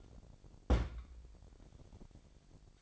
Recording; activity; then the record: daily activity, microphone in the room; place on stove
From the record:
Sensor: 5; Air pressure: 1012.1 hPa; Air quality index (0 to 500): 233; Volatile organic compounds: 4 ppm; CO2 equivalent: 1550 ppm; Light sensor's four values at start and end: 51/116/49/53 and 50/113/49/54